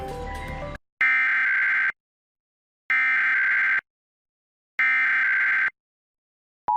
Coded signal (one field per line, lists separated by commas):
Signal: Emergency Alert System (SAME) tones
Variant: header bursts